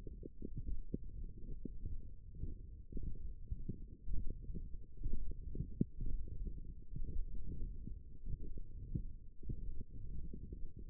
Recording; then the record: forearm muscle sounds (acoustic myography)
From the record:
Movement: hook grip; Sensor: system 1, eight BSWA MPA416 microphones around the upper forearm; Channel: 3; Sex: female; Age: 21 years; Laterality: right